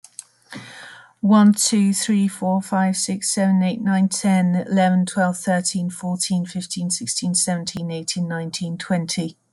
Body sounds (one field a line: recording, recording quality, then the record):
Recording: counting at a fast pace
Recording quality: excellent, no background noise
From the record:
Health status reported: respiratory illness, not identified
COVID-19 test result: negative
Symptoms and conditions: cough, asthma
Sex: female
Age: 46 years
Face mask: not worn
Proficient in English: yes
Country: France